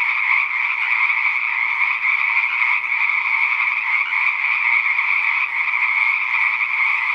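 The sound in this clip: Frog chorus: a continuous buzzing wall of overlapping calls, even in loudness from start to finish with no gaps.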